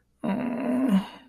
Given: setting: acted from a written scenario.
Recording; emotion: vocal sound without words; guilt